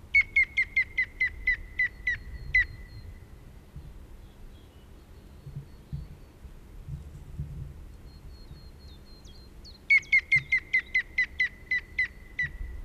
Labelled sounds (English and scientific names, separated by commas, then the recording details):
European Green Woodpecker (Picus viridis) song
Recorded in the wild
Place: Garmisch-Partenkirchen, Bayern, DE
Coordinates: 47.5022, 11.0817
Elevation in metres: 847
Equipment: Uher 4000 Report
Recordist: Tretzel, Erwin